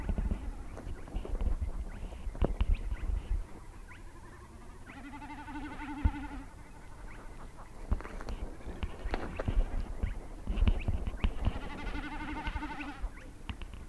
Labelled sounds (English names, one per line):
Common Snipe bleating